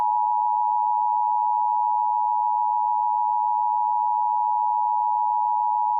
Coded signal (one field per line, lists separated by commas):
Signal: Emergency Alert System (SAME) tones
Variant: 853 and 960 Hz attention tone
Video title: EF 7 (EAS Scenario)